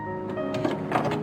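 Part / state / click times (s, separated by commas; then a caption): ink cartridge into inkjet printer carriage / not seated / none. A remanufactured plastic HP ink cartridge (60XL/61XL/62XL/63XL/64XL/65XL) is handled and pushed toward the carriage slot of an inkjet printer while background music plays. Soft handling and sliding sounds are heard, with small bumps around 0.6 s and 0.9 s. The clip ends before the cartridge goes home, and nothing has seated or clicked yet.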